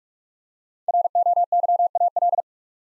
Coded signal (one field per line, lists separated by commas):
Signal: Morse code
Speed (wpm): 44 wpm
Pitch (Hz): 700 Hz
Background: none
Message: ROYAL